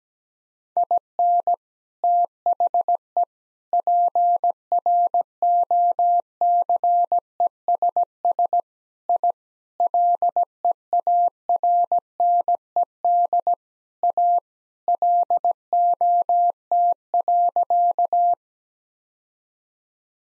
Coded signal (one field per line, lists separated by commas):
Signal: Morse code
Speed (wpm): 17 wpm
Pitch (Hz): 700 Hz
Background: none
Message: IN THE PROCESS I LEARNED A LOT.